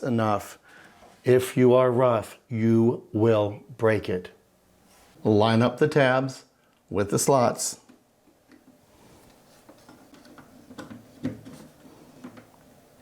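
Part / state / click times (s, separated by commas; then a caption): touchscreen display into its mount on the 3D printer front panel / not seated / none. Someone talks while the touchscreen display of a Bambu Lab X1C 3D printer is lined up by hand so its tabs meet the slots on the front-panel mount, before it is pressed home. After the talking, only small plastic handling ticks are heard from about 10.1 to 12.4 seconds. Nothing has seated or clicked yet.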